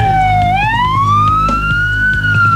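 A police car siren wails loudly, its tone dipping briefly and then sliding slowly upward in pitch, over a steady low engine rumble with scattered faint clicks.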